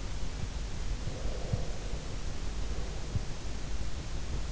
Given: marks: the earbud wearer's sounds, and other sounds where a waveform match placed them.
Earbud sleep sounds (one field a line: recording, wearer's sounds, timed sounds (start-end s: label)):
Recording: sounds in sleep by an in-ear microphone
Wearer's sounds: breath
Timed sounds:
0.98-3.16 s: breath